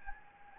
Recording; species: mosquito wingbeat signal from an infrared sensor; Anopheles gambiae